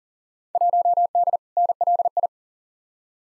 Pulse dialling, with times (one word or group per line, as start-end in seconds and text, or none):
none